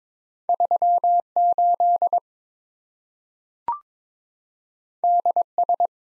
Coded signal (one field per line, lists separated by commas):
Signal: Morse code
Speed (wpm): 22 wpm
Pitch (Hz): 700 Hz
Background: none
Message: 38 DS